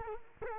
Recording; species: mosquito wingbeat signal from an infrared sensor; Culex quinquefasciatus